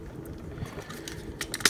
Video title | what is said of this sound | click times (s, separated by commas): Video Review: Transformers: Titans Return - Leader OVERLORD w/ Dreadnaut | under those tabs there we go you'll hear them click | 1.7 s